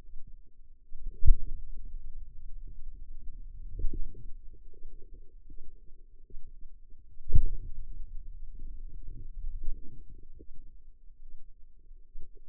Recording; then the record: forearm muscle sounds (acoustic myography)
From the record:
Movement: finger pinch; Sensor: system 2, bracelet of six BSWA MPA416 microphones around the upper forearm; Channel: 5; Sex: female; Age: 25 years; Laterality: right